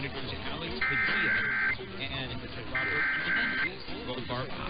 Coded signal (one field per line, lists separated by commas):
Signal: Emergency Alert System (SAME) tones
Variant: header bursts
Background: speech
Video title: San Diego Tested Almost at 2pm (EAS #22974-22991) 10/16/24